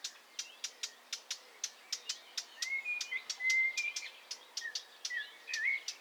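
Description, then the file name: Eurasian blackcap giving sharp, dry ticking calls repeated several times a second, mixed with brief thin whistled notes over a soft background hiss. "Sylvia atricapilla"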